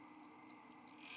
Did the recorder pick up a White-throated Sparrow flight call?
no